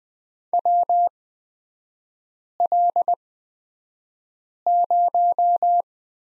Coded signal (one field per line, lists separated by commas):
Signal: Morse code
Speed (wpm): 20 wpm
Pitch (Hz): 700 Hz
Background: none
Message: WL0